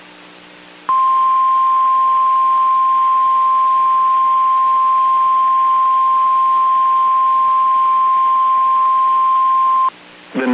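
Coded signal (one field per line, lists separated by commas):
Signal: Emergency Alert System (SAME) tones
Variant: 1050 Hz attention tone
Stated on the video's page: Severe weather outbreak alerts from NOAA weather radio stations in Fort Worth, Corsicana, Waco and Austin, Texas.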